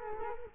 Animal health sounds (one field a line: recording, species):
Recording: mosquito wingbeat signal from an infrared sensor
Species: Culex quinquefasciatus